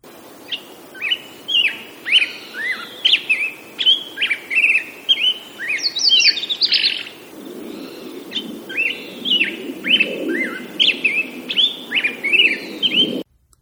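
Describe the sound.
Black-headed Grosbeak singing: rich, warbled phrases of rising and falling notes in quick, bouncy series, with short pauses and a low background rumble in the second half.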